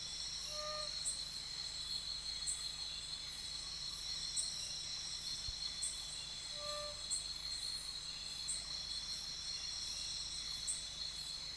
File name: Nesobia mjobergi